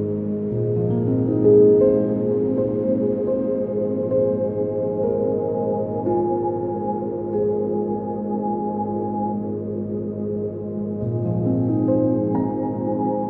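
Soft upright piano playing slow, sustained chords that ring and overlap, mostly in the low and middle range with a few brighter notes on top. Loudness stays fairly even, with a gentle swell near two seconds and a new chord entering around eleven seconds.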